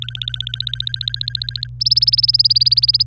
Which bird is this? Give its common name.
Domestic Canary